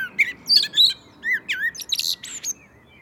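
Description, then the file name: Common blackbird song: a run of fluty, mellow whistled notes broken by thin, high squeaky twitters, several short phrases in quick, uneven succession. "Turdus merula"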